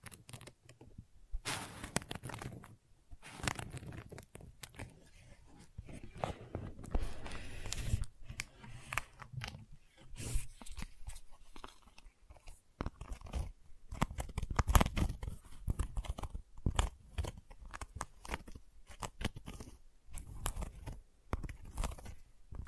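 Gentle scratching runs through the whole clip as a dense stream of short, dry scrapes and crackles. The strokes come in uneven bursts with brief pauses, a few sharper ticks standing out near eight and fifteen seconds, over a soft low rumble.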